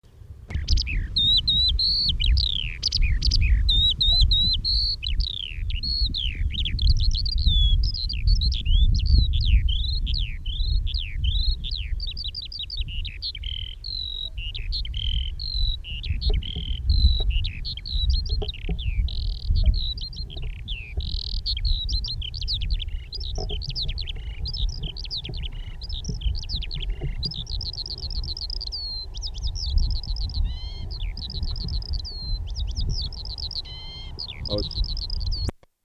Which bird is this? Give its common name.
Eurasian Skylark